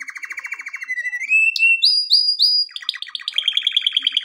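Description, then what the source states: Canary song: a pulsed trill rising into a long whistle, three quick upward notes, then rapid staccato high trills. Canary song meant for training canaries.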